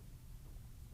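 A new film magazine is brought in at a 45-degree angle and pressed down onto an Arriflex SR3 motion picture camera body. Only a steady low rumble and broadband hiss are heard, with no distinct clicks. The magazine has not locked in place yet; nothing has seated or clicked.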